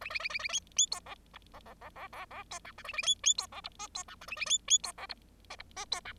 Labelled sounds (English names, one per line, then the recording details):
Bengalese Finch song
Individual Bird0